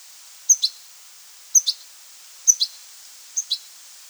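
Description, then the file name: European goldfinch calls: sharp, high double notes in four pairs, spaced roughly a second apart, with faint steady hiss behind. "Carduelis carduelis"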